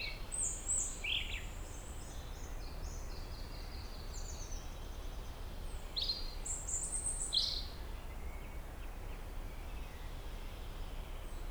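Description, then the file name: European robin singing high, sharp notes and short thin whistles in sparse bursts, with long gaps and a constant low background hum. "Erithacus rubecula"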